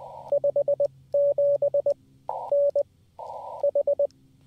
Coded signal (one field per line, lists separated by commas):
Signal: Morse code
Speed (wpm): 17 wpm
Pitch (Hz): 530 Hz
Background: radio noise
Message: 57N H